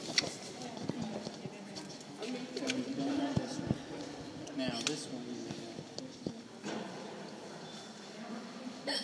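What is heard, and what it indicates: Several sharp, abrupt hiccups from a girl in Germany break through a murmur of background voices during a group tour.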